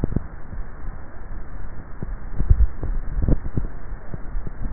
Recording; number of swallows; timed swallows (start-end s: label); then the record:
swallowing sounds by neck microphone; 1
2.38-3.40 s: swallow
From the record:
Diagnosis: dysphagia